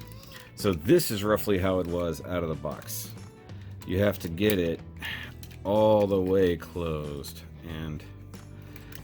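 Someone talks while pushing the stiff plastic limb joint of a ZETA Toys ZB-01 FLY FIRE transforming robot toy toward its locked closed position. Faint short ticks come near the end, but the joint fails on this first try and nothing has clicked or seated yet.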